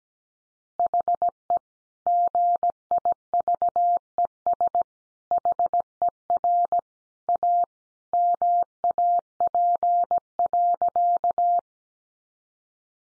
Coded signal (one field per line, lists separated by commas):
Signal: Morse code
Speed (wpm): 17 wpm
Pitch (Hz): 700 Hz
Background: none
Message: HE GIVES HER A MAP.